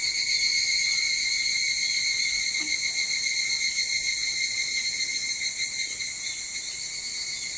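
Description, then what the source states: Evening cicada song, a loud steady high ringing that eases a little in volume toward the end, with a faint low thump midway. Recorded 22 July 2023 at 04:40.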